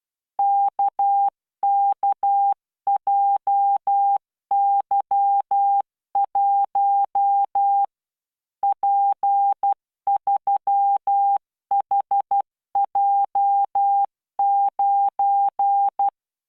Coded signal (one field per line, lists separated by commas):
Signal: Morse code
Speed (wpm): 12 wpm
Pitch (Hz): 800 Hz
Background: none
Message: KKJY1 P3HJ9